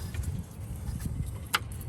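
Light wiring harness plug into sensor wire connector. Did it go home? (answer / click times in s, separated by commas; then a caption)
yes / 1.6 s. A light wiring harness plug is pushed into the sensor wire connector of a 2016–2021 third-generation Tacoma during an aftermarket TRD Pro grille replacement; the connector only fits one way. Over a low background rumble with faint handling noises, a sharp click at 1.5 s shows the connector has seated properly.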